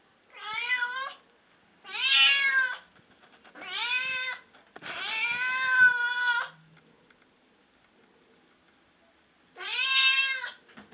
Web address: secondo gatto pusha e terzo gatto pusha miagolio di gatto